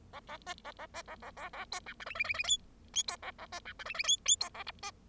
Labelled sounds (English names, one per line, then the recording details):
Bengalese Finch song
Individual Bird0